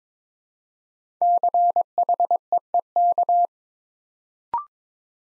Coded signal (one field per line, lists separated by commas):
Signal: Morse code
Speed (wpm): 22 wpm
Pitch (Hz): 700 Hz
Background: none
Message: CHEEK